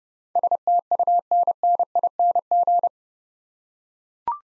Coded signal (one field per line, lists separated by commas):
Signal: Morse code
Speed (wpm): 30 wpm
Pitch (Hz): 700 Hz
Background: none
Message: STUNNING